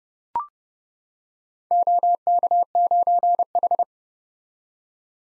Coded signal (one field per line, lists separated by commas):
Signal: Morse code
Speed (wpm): 30 wpm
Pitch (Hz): 700 Hz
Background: none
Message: OK9H